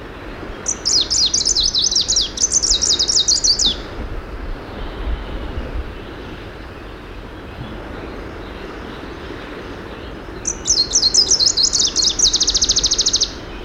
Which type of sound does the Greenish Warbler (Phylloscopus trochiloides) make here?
song